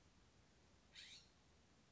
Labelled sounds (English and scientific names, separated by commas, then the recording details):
California Scrub-Jay (Aphelocoma californica)
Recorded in Sonoma County, California